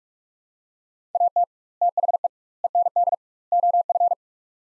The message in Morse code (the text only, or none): AT THE END OF